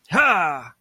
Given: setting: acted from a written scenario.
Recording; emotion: vocal sound without words; triumph